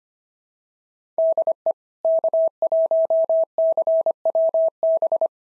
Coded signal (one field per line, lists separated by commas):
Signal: Morse code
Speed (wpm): 24 wpm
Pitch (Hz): 650 Hz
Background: none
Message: DE K1CWB